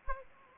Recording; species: mosquito wingbeat signal from an infrared sensor; Anopheles arabiensis